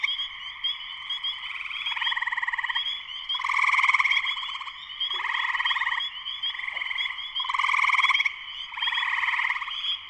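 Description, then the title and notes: Chorus of spring peepers, many high piping notes over pulsing trills that surge louder again and again. Full chorus of many spring peepers shortly after sunset, Sleeping Bear Dunes National Lakeshore, northern Michigan, USA; recorded by Darrin Wassom. "Spring peepers (chorus frogs) in concert. Spring peepers (chorus frogs) in full chorus shortly after sunset in the Sleeping Bear Dunes National Lakeshore in northern Michigan, USA. Recorded by Darrin Wassom. Music for Sleep"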